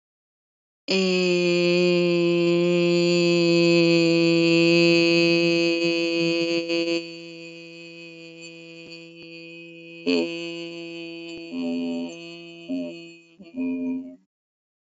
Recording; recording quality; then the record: sustained vowel as in made; excellent, no background noise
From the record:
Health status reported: healthy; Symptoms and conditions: none ticked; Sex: female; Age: 25 years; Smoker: not ticked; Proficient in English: no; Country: India